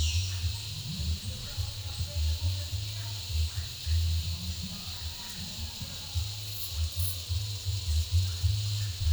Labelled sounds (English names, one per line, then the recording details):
none
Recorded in pastures near Puerto Asís, Putumayo, Colombia, on 22 December 2024 at 10:30
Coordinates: 0.496, -76.326
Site G004